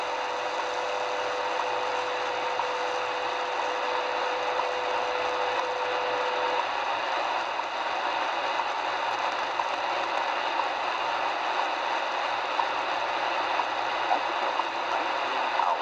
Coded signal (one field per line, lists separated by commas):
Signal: radio time signal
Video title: WWV 10 15 and 20 MHz received on XHDATA D808 receiver W6LVP loop antenna